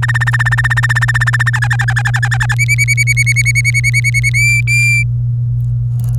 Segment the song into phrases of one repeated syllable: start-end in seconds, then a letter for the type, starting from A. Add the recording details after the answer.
0.02-1.50 A, 1.53-2.54 B, 2.58-4.29 C, 4.34-5.03 D. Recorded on 24 April 2018 at 08:34. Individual llb3